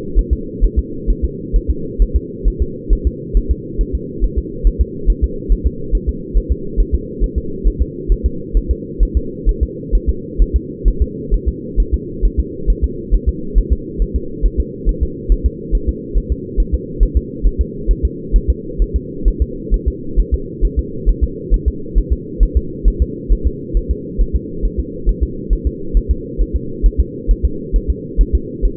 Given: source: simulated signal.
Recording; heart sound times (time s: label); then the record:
fetal heart sounds
0.19 s: S1
0.33 s: S2
0.64 s: S1
0.79 s: S2
1.10 s: S1
1.25 s: S2
1.56 s: S1
1.70 s: S2
2.02 s: S1
2.16 s: S2
2.48 s: S1
2.62 s: S2
2.93 s: S1
3.07 s: S2
3.37 s: S1
3.51 s: S2
3.81 s: S1
3.95 s: S2
4.24 s: S1
4.39 s: S2
4.67 s: S1
4.81 s: S2
5.10 s: S1
5.24 s: S2
5.52 s: S1
5.67 s: S2
5.95 s: S1
6.09 s: S2
6.37 s: S1
6.52 s: S2
6.80 s: S1
6.95 s: S2
7.24 s: S1
7.38 s: S2
7.67 s: S1
7.82 s: S2
8.12 s: S1
8.26 s: S2
8.57 s: S1
8.71 s: S2
9.03 s: S1
9.17 s: S2
9.49 s: S1
9.63 s: S2
9.95 s: S1
10.09 s: S2
10.42 s: S1
10.56 s: S2
10.88 s: S1
11.02 s: S2
11.34 s: S1
11.48 s: S2
11.80 s: S1
11.94 s: S2
12.25 s: S1
12.40 s: S2
12.70 s: S1
12.84 s: S2
13.14 s: S1
13.29 s: S2
13.58 s: S1
13.73 s: S2
14.02 s: S1
14.16 s: S2
14.46 s: S1
14.60 s: S2
14.89 s: S1
15.03 s: S2
15.32 s: S1
15.46 s: S2
15.75 s: S1
15.89 s: S2
16.18 s: S1
16.32 s: S2
16.60 s: S1
16.74 s: S2
17.03 s: S1
17.17 s: S2
17.46 s: S1
17.61 s: S2
17.91 s: S1
18.05 s: S2
18.36 s: S1
18.50 s: S2
18.82 s: S1
18.96 s: S2
19.28 s: S1
19.42 s: S2
19.74 s: S1
19.88 s: S2
20.20 s: S1
20.34 s: S2
20.65 s: S1
20.79 s: S2
21.09 s: S1
21.24 s: S2
21.54 s: S1
21.68 s: S2
21.98 s: S1
22.13 s: S2
22.43 s: S1
22.57 s: S2
22.88 s: S1
23.02 s: S2
23.32 s: S1
23.47 s: S2
23.77 s: S1
23.91 s: S2
24.21 s: S1
24.36 s: S2
24.65 s: S1
24.79 s: S2
25.09 s: S1
25.23 s: S2
25.53 s: S1
25.67 s: S2
25.97 s: S1
26.11 s: S2
26.41 s: S1
26.56 s: S2
26.86 s: S1
27.00 s: S2
27.31 s: S1
27.45 s: S2
27.76 s: S1
27.90 s: S2
28.21 s: S1
28.35 s: S2
28.65 s: S1
From the record:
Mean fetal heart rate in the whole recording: 135 bpm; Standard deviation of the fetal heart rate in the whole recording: 3 bpm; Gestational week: 36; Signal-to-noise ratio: -4.3 dB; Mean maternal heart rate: 72 bpm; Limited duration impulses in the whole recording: absent